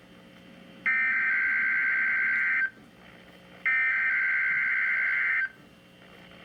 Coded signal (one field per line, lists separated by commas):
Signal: Emergency Alert System (SAME) tones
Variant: header bursts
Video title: EAS #224 (Required Weekly Test)